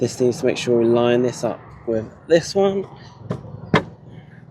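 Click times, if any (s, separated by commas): 3.8 s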